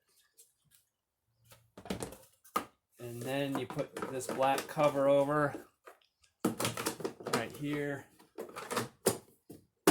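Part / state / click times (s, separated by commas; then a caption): black plastic cover over tail light housing / not seated / none. While a burnt-out brake light bulb is being replaced on a Subaru with the help of AMSOIL Glass Cleaner, a black plastic cover is handled and positioned over the tail light bulb housing on the trunk trim. Someone talks over light plastic taps and handling noises. Nothing has seated or clicked into place yet.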